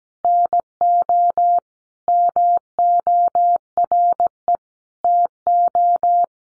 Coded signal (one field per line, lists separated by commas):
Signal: Morse code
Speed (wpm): 17 wpm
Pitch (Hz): 700 Hz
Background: none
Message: NO MORE TO